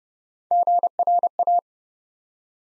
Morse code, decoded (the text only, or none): GRA